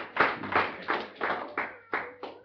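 Applause: about seven loud, sharp claps in a steady rhythm, each with a brief ringing tail, fading slightly toward the end, with no talking.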